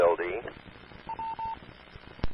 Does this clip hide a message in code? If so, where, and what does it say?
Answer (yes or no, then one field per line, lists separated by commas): no